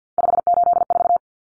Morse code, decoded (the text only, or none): 584